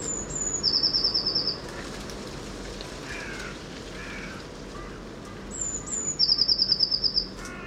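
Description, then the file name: Eurasian blue tit calling twice: each time two thin, very high notes, then a quick, even, slightly lower trill of about ten notes, over a low steady background hiss. "Cyanistes caeruleus"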